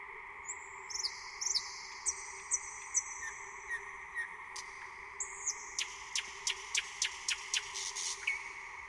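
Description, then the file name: Thrush nightingale singing long high whistled notes, then a run of sharp clicks, over a continuous droning hum. "SLOWIK SZARY"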